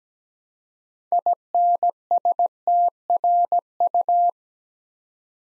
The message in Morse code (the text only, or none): INSTRU